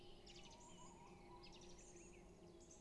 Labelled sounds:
Tawny Owl (Strix aluco)
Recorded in Germany
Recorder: ecoPi

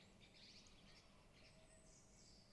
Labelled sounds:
Song Thrush (Turdus philomelos)
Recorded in Germany
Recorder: ecoPi

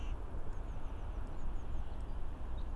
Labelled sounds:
Eurasian Blue Tit (Cyanistes caeruleus)
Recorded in Germany
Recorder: ecoPi

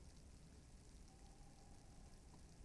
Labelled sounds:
Tawny Owl (Strix aluco)
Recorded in Germany
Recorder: ecoPi

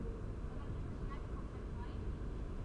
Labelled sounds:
none
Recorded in Germany
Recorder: ecoPi

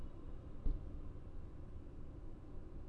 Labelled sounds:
none
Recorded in Germany
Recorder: ecoPi

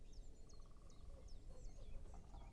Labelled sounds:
Great Spotted Woodpecker (Dendrocopos major)
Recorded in Germany
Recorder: ecoPi

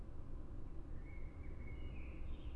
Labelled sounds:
Common Blackbird (Turdus merula)
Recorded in Germany
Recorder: ecoPi

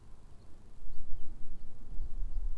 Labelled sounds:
Common Chaffinch (Fringilla coelebs)
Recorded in Germany
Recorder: ecoPi

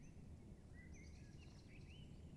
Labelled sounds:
Common Blackbird (Turdus merula)
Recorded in Germany
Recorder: ecoPi

